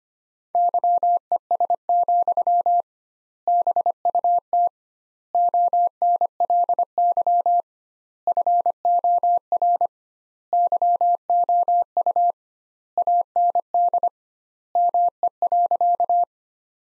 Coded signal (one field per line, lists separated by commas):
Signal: Morse code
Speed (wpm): 25 wpm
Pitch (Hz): 700 Hz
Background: none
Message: YES, BUT ONLY FOR YOU AND ME.